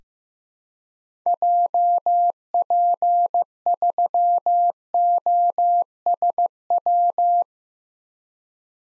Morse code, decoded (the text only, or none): JP3OSW